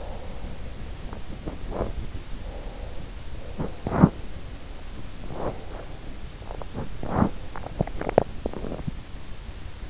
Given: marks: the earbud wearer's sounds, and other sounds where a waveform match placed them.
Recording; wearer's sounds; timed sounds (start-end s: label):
sounds in sleep by an in-ear microphone; breath, body movement, swallowing
0.00-1.04 s: breath
1.42-7.51 s: body movement
2.36-3.32 s: breath
7.51-9.06 s: swallowing